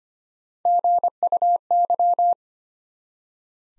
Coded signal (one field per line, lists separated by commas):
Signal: Morse code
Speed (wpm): 25 wpm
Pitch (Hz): 700 Hz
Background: none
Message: GUY